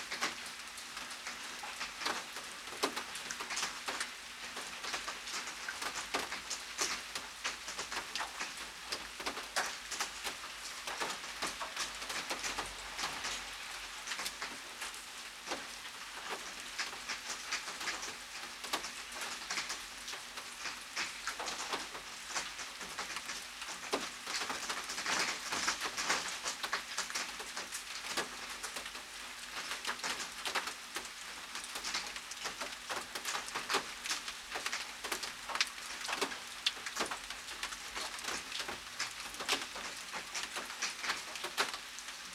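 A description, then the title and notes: Heavy rain falls steadily from a balcony, a dense bright hiss with constant patter and drips, plus a faint low steady hum beneath. Rainy Balcony. There is heavy rain around.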